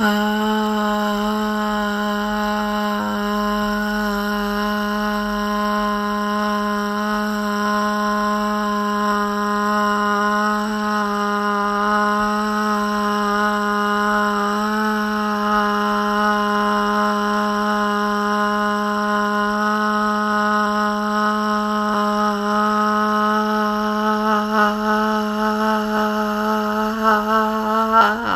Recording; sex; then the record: sustained vowel /a/; female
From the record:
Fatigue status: no fatigue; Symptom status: asymptomatic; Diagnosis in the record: COVID-19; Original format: m4a